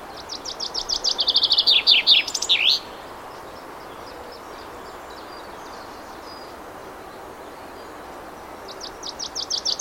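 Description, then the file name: Common chaffinch song: a rapid trill of sharp notes tumbling downward in pitch, ending in a brief flourish, then quiet before another phrase begins near the end. "Fringilla coelebs"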